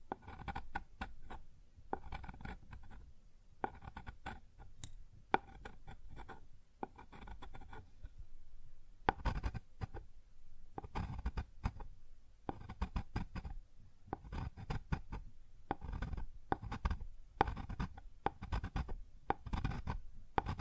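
Scratching and rubbing sounds on a wooden surface, coming in short irregular bursts with brief pauses between them. The strokes are dense and scratchy, with a low thumping body under the brighter scraping. Sharp little taps and clicks punctuate the activity throughout.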